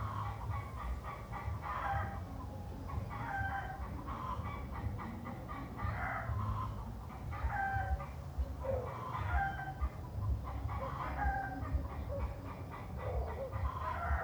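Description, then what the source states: Chicken: chickens cluck in uneven bursts of short harmonic notes throughout, over a constant low rumble. Chickens clucking in a city.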